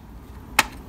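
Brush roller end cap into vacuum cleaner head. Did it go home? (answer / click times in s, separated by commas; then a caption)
yes / 0.6 s. The plastic end cap of the brush roller bar on a Dyson Ball DC24 All Floors vacuum cleaner is made flush and pushed down to lock the roller into the vacuum head. After near silence, a single sharp, bright click at 0.6 s marks the end cap seating and locking in place.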